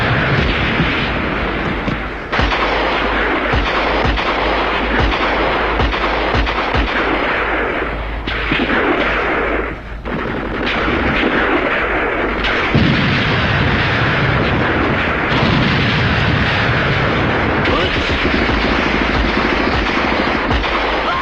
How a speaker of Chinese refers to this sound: 炮声震地，杀声冲天。